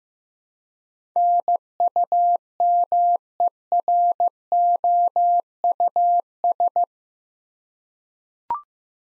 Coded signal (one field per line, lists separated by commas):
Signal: Morse code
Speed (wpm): 15 wpm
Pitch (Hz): 700 Hz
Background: none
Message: NUMEROUS